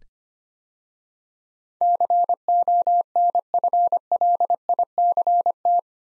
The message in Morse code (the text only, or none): CONFLICT